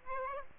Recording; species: mosquito wingbeat signal from an infrared sensor; Aedes aegypti